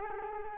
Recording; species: mosquito wingbeat signal from an infrared sensor; Culex quinquefasciatus